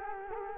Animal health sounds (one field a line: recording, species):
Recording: mosquito wingbeat signal from an infrared sensor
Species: Culex quinquefasciatus